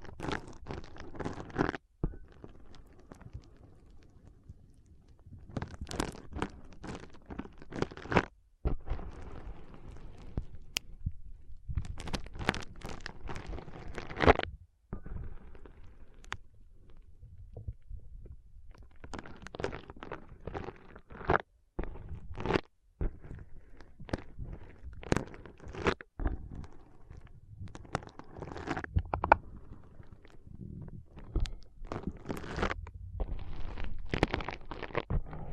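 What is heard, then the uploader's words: Foam is pressed, squeezed and rubbed in a massage, making dense crackling, crunching rustles with a deep rumbling underneath. The strokes come in uneven bursts, some sharp and bright, with brief dead-quiet breaks roughly every five to seven seconds. ASMR Powerful Foam Brain Massage.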